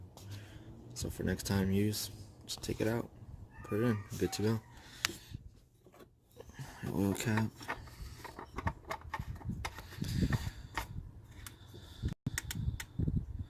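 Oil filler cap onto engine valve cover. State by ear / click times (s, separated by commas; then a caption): not seated / none. Someone talks while the engine oil filler cap on a 2015-2017 Kia Sedona 3.3L V6 is handled during an oil change, being put back on the valve cover to be turned by hand until it clicks. Short handling knocks and taps sound between the speech. Nothing has seated or clicked yet when the clip ends.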